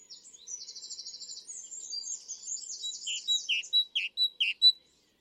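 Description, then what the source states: Great tit singing a rhythmic two-note phrase, repeated several times and growing louder, after some softer high twittering. Rhythmic song, rendered as 'teacher, teacher, teacher'.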